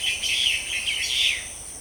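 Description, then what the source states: A bird gives a rapid run of high chirps. Countryside ambience.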